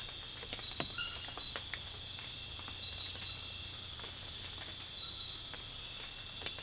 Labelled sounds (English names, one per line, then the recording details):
none
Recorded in secondary vegetation near Puerto Asís, Putumayo, Colombia, on 28 February 2025 at 23:30
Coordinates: 0.484, -76.319
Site G010